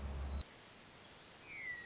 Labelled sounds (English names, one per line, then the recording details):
Hermit Thrush
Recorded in Sonoma County, California